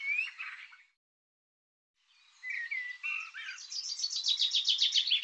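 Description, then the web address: Bird song: a short warbled phrase, a pause, then whistled slurred notes running into a fast, evenly repeated high trill. Recording cleaned and normalized; bird labelled 'Tu Me Tu Me'. "cianscape birddata Deverinetal 2025 File cleaned normalized Bird Tu Me Tu Me"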